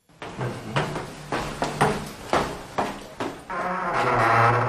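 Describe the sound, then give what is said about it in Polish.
An original heavy metal prison cell door with prisoners' inscriptions and a cell number is opened in the cellar on Strzelecka Street, a former NKVD and Public Security Office detention site: six or seven dull clanks and knocks, then a steady, tonal grinding creak as it swings, with no voices. “Tak jak pan widzi, są to oryginalnie zachowane drzwi jeszcze z napisami i więźniów, i z drugiej strony jest napis cela i podany numer.”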